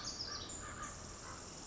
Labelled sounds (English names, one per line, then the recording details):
Pacific Wren
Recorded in Sonoma County, California